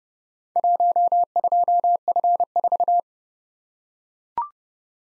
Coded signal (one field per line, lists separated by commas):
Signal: Morse code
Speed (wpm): 30 wpm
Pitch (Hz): 700 Hz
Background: none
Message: 12F4